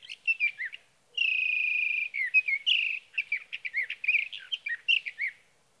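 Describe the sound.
Sage thrasher song, a rapid run of warbled phrases broken by a sustained buzzy trill, then more jumbled varied notes continuing without pause.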